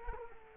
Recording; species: mosquito wingbeat signal from an infrared sensor; Culex quinquefasciatus